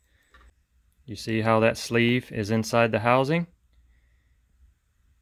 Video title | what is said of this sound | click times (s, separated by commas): How to remove pin from MC4 solar connector | and then this sucker will click into place | 0.4 s